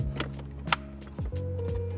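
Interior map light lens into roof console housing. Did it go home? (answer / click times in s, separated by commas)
yes / 0.7 s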